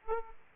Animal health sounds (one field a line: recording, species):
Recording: mosquito wingbeat signal from an infrared sensor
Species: Aedes aegypti